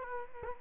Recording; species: mosquito wingbeat signal from an infrared sensor; Culex quinquefasciatus